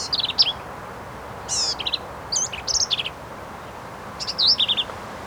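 Black-capped vireo song: rapid run of varied high phrases, buzzy and chattering with slurred whistles, closely spaced, over soft background noise.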